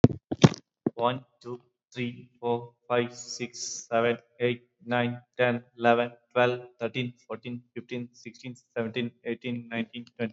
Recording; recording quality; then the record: counting at a normal pace; excellent, no background noise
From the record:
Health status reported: recovered from COVID-19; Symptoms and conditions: fever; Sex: male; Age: 27 years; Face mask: not worn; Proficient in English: yes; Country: India